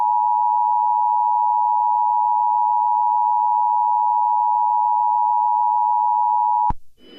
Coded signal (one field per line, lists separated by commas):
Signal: Emergency Alert System (SAME) tones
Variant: 853 and 960 Hz attention tone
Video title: Specimen 9: An EAS Scenario in the US #easscenario #spookyjumpscaremansion